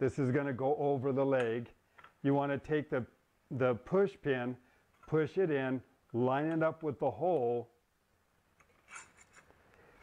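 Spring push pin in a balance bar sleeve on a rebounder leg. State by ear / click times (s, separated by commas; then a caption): seated / 9.7 s. A spring push pin on a balance bar sleeve is pressed in, and the sleeve is slid over a rebounder leg until the pin reaches the hole. Someone talks for most of the clip, then after a pause faint rubbing and sliding sounds lead to a short, sharp snap at 9.7 s as the pin pops out into the hole and seats.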